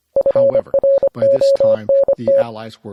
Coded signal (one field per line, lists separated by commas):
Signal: Morse code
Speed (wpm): 25 wpm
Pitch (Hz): 550 Hz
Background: speech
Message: FRONT